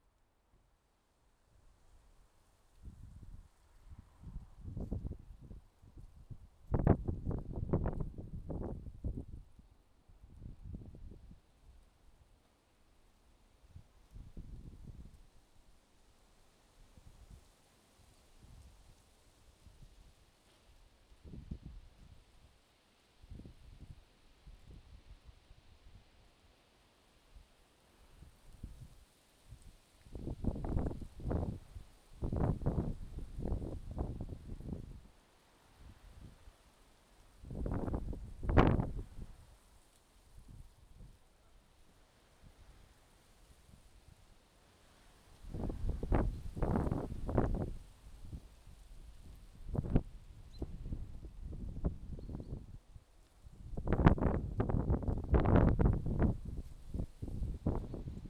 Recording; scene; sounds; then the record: everyday scene through a hearing-aid microphone; wind on the microphone; wind, traffic, birds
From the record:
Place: suburban garden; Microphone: in the ear canal, left